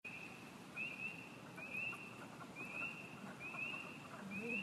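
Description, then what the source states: Spring peepers calling: high, short rising peeps repeated about once a second over a steady high chorus tone, with soft low background noise. Recorded in 2015.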